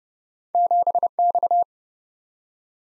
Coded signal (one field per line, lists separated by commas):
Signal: Morse code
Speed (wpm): 29 wpm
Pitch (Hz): 700 Hz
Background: none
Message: 7X